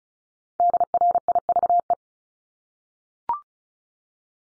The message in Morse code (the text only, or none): DRIVE